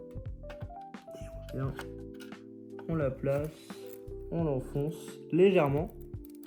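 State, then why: Not seated. A DDR5 memory stick is lined up and pressed down into a motherboard DIMM slot while someone talks over background music, with a few faint handling ticks near the end. Nothing has seated or clicked yet.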